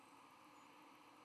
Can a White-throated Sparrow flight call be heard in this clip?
no